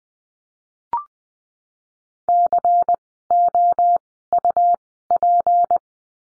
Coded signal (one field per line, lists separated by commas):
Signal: Morse code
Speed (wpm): 20 wpm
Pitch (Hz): 700 Hz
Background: none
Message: COUP